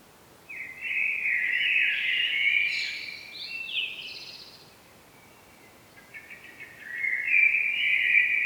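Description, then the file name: Common blackbird singing a loud warbled phrase, then after a pause a second phrase toward the end. "Turdus merula"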